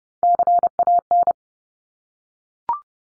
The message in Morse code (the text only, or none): CAN